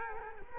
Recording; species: mosquito wingbeat signal from an infrared sensor; Culex quinquefasciatus